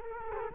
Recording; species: mosquito wingbeat signal from an infrared sensor; Culex quinquefasciatus